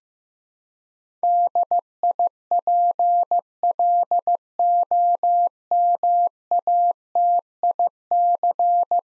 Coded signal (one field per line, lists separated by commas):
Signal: Morse code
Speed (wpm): 15 wpm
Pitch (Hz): 700 Hz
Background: none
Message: DIPLOMATIC